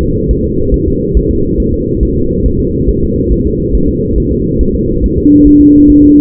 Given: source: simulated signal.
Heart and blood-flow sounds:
fetal heart sounds
0.03 s: S2
0.31 s: S1
0.45 s: S2
0.74 s: S1
0.88 s: S2
1.17 s: S1
1.31 s: S2
1.60 s: S1
1.74 s: S2
2.03 s: S1
2.17 s: S2
2.46 s: S1
2.60 s: S2
2.89 s: S1
3.04 s: S2
3.32 s: S1
3.47 s: S2
3.75 s: S1
3.89 s: S2
4.18 s: S1
4.32 s: S2
4.61 s: S1
4.75 s: S2
5.04 s: S1
5.18 s: S2
5.47 s: S1
5.61 s: S2
5.90 s: S1
6.04 s: S2
From the record:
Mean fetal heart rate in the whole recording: 140 bpm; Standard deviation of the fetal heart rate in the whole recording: 2 bpm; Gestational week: 34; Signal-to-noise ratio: -15.3 dB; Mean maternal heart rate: 72 bpm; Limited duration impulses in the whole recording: present

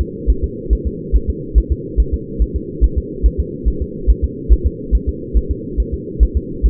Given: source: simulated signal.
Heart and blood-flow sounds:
fetal heart sounds
0.01 s: S2
0.30 s: S1
0.44 s: S2
0.73 s: S1
0.87 s: S2
1.16 s: S1
1.30 s: S2
1.58 s: S1
1.72 s: S2
2.00 s: S1
2.14 s: S2
2.42 s: S1
2.56 s: S2
2.84 s: S1
2.98 s: S2
3.26 s: S1
3.40 s: S2
3.68 s: S1
3.82 s: S2
4.10 s: S1
4.24 s: S2
4.53 s: S1
4.67 s: S2
4.95 s: S1
5.09 s: S2
5.37 s: S1
5.51 s: S2
5.80 s: S1
5.94 s: S2
6.23 s: S1
6.37 s: S2
6.66 s: S1
From the record:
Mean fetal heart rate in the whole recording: 140 bpm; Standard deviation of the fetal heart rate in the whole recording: 2 bpm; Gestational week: 34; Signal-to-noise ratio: -4.3 dB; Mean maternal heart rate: 72 bpm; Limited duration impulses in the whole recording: absent

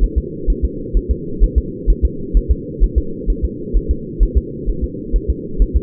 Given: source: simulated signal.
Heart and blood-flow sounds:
fetal heart sounds
0.04 s: S1
0.18 s: S2
0.50 s: S1
0.65 s: S2
0.97 s: S1
1.11 s: S2
1.44 s: S1
1.58 s: S2
1.90 s: S1
2.05 s: S2
2.37 s: S1
2.51 s: S2
2.84 s: S1
2.98 s: S2
3.30 s: S1
3.44 s: S2
3.77 s: S1
3.91 s: S2
4.23 s: S1
4.38 s: S2
4.69 s: S1
4.84 s: S2
5.16 s: S1
5.30 s: S2
5.62 s: S1
5.76 s: S2
From the record:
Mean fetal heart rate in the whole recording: 130 bpm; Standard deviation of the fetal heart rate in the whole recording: 2 bpm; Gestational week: 36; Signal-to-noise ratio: -4.3 dB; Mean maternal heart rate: 72 bpm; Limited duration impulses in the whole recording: absent

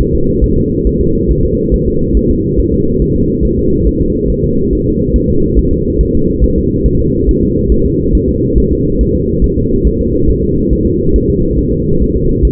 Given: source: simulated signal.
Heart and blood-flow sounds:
fetal heart sounds
0.01 s: S1
0.15 s: S2
0.44 s: S1
0.58 s: S2
0.87 s: S1
1.01 s: S2
1.31 s: S1
1.45 s: S2
1.74 s: S1
1.88 s: S2
2.17 s: S1
2.31 s: S2
2.60 s: S1
2.74 s: S2
3.02 s: S1
3.16 s: S2
3.45 s: S1
3.59 s: S2
3.87 s: S1
4.01 s: S2
4.30 s: S1
4.44 s: S2
4.73 s: S1
4.87 s: S2
5.16 s: S1
5.30 s: S2
5.59 s: S1
5.73 s: S2
6.01 s: S1
6.15 s: S2
6.44 s: S1
6.58 s: S2
6.86 s: S1
7.00 s: S2
7.29 s: S1
7.43 s: S2
7.72 s: S1
7.86 s: S2
8.15 s: S1
8.29 s: S2
8.58 s: S1
8.72 s: S2
9.01 s: S1
9.15 s: S2
9.44 s: S1
9.58 s: S2
9.87 s: S1
10.01 s: S2
10.30 s: S1
10.44 s: S2
10.73 s: S1
10.87 s: S2
11.16 s: S1
11.30 s: S2
11.59 s: S1
11.73 s: S2
12.02 s: S1
12.16 s: S2
12.45 s: S1
From the record:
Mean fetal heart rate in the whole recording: 140 bpm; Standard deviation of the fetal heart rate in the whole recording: 2 bpm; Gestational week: 34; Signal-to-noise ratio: -15.3 dB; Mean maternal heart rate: 72 bpm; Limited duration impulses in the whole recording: present

